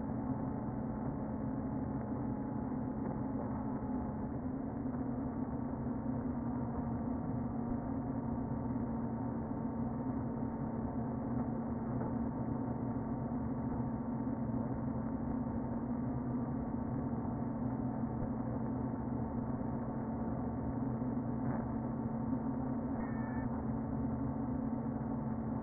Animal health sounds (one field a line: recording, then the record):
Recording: honeybee colony, microphone inside the hive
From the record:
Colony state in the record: queen present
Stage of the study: before two queens were removed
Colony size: about 60,000 bees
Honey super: yes